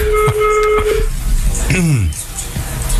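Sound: telephone ringing tone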